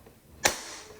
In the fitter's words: latches and you'll hear one click